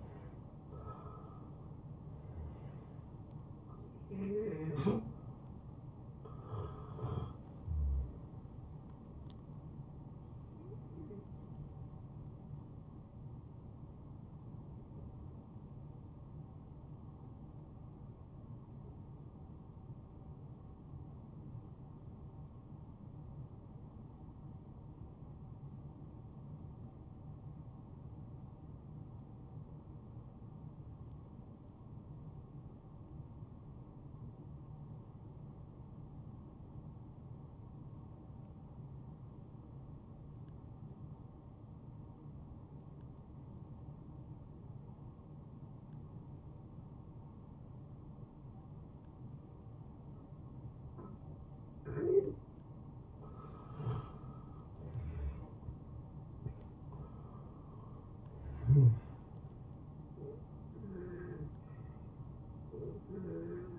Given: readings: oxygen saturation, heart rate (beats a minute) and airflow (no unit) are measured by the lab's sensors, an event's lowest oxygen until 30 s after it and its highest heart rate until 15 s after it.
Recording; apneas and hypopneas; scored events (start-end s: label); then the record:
breathing in sleep by a smartphone at the bedside; 1
17.00-51.80 s: hypopnea (N1, oxygen 96% highest, then 83% lowest, heart rate 70 at the start, 78 highest)
21.00-51.00 s: new sleep stage, N2 (light sleep)
51.00-63.79 s: new sleep stage, N1 (lightest sleep)
From the record:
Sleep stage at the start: N1 (lightest sleep); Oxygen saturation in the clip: 83 to 96%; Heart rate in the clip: 64 to 78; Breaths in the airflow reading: 6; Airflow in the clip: -20.0 to 12.0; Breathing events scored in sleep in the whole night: 263 in 5.5 hours asleep